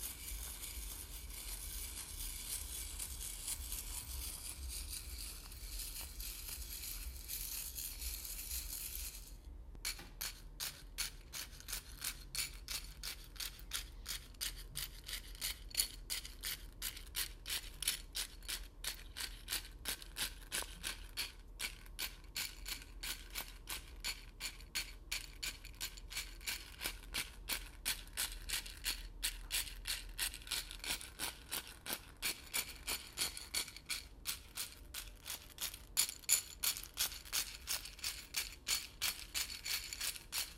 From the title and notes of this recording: Stirring, Stabbing RICE, CORN, OATS, CHIA SEEDS. かき混ぜる、刺す。お米・コーン・オーツ・チアシード.